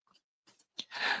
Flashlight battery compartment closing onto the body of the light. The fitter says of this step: You can hear it click, push it up, and then that button does not work to unlock it.